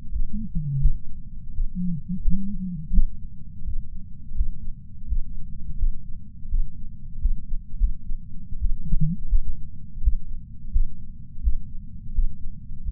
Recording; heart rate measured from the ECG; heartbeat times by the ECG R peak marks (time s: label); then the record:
heart sounds by patch sensor on the chest; 85 bpm
0.11 s: heartbeat
0.80 s: heartbeat
1.53 s: heartbeat
2.22 s: heartbeat
2.92 s: heartbeat
3.65 s: heartbeat
4.35 s: heartbeat
5.07 s: heartbeat
5.77 s: heartbeat
6.49 s: heartbeat
7.19 s: heartbeat
7.77 s: heartbeat
8.59 s: heartbeat
9.28 s: heartbeat
10.01 s: heartbeat
10.71 s: heartbeat
11.41 s: heartbeat
12.13 s: heartbeat
12.83 s: heartbeat
From the record:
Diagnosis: coronary artery disease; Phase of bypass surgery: postoperative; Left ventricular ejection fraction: 53.3%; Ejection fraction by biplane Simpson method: 55.1%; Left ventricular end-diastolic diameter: 44 mm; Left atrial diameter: 43 mm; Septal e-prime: 6 cm/s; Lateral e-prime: 8.6 cm/s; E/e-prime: 11.9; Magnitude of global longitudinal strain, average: 15.4%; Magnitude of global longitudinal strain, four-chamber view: 16.2%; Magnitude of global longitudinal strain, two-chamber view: 15.5%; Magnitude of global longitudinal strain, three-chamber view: 14.5%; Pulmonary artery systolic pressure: 30 mmHg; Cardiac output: 3.65 L/min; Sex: male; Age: 64 years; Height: 175 cm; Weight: 85 kg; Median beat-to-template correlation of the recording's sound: 0.88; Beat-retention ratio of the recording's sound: 1.00